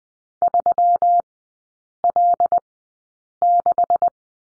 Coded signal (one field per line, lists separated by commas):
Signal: Morse code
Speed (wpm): 20 wpm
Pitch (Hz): 700 Hz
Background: none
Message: 3L6